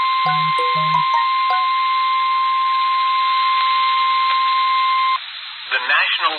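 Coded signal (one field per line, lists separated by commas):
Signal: Emergency Alert System (SAME) tones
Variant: 1050 Hz attention tone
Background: speech, music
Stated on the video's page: Severe thunderstorm warning from a weather radio station.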